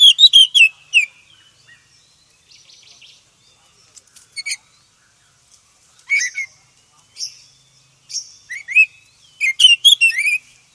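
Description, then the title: Oriental magpie-robin song, scattered phrases of high chirps, whistled slurs and buzzy notes with silent gaps between them. "KACER HITAM"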